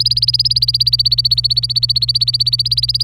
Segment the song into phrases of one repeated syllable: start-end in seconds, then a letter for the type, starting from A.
0.00-3.03 A